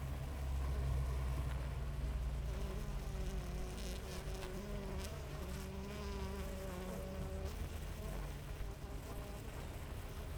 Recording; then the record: honeybee colony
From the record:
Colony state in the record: active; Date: 28 July 2017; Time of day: 6:36